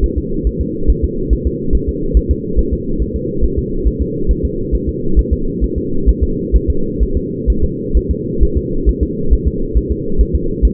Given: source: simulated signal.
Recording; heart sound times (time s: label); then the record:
fetal heart sounds
0.04 s: S1
0.18 s: S2
0.47 s: S1
0.61 s: S2
0.90 s: S1
1.04 s: S2
1.33 s: S1
1.47 s: S2
1.75 s: S1
1.89 s: S2
2.17 s: S1
2.31 s: S2
2.59 s: S1
2.73 s: S2
3.02 s: S1
3.16 s: S2
3.44 s: S1
3.58 s: S2
3.88 s: S1
4.01 s: S2
4.31 s: S1
4.45 s: S2
4.75 s: S1
4.89 s: S2
5.19 s: S1
5.33 s: S2
5.64 s: S1
5.78 s: S2
6.09 s: S1
6.23 s: S2
6.56 s: S1
6.70 s: S2
7.03 s: S1
7.17 s: S2
7.50 s: S1
7.64 s: S2
7.97 s: S1
8.11 s: S2
8.43 s: S1
8.57 s: S2
8.89 s: S1
9.03 s: S2
9.33 s: S1
9.47 s: S2
9.77 s: S1
9.91 s: S2
10.21 s: S1
10.35 s: S2
10.65 s: S1
From the record:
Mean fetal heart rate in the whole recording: 135 bpm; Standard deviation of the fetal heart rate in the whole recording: 3 bpm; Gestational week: 34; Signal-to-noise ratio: -8.1 dB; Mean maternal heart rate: 72 bpm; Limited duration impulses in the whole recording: absent